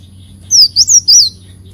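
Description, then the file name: Leafbird uttering four bright high whistled notes in a short quick phrase. "Tieng chim xanh tim"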